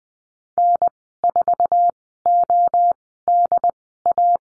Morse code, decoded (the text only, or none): N4ODA